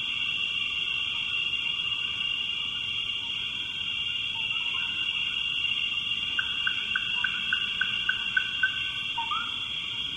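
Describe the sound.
Frog calls, a rapid series of short clicking pulses late on, over a continuous high, shrill drone, ending in a brief rising note.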